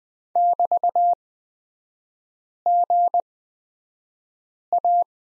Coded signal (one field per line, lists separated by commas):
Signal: Morse code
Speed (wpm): 20 wpm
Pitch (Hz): 700 Hz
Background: none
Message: <BT>GA